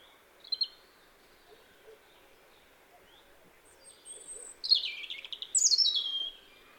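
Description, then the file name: European robin song: a lone high note, a long pause, then a brief warbled phrase of thin notes and steep descending slurs near the end. "Erithacus rubecula"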